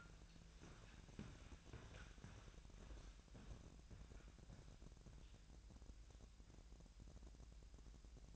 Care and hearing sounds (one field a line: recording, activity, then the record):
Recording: daily activity, microphone in the room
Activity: walk to room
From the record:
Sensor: 2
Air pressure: 1012.1 hPa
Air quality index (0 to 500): 143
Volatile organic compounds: 2 ppm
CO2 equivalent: 1038 ppm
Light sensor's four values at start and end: 76/181/75/72 and 77/184/76/73